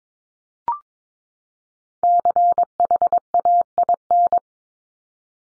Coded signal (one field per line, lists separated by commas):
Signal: Morse code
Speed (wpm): 22 wpm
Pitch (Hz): 700 Hz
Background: none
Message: CHAIN